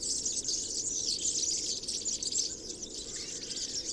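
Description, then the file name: European serin song, a dense run of very high, fast, wheezy and jangling notes that barely pauses, against a soft low hum. Recorded on 22 January 2017 at Binsham. "Girlitz. Binsham. Susanne Rieck"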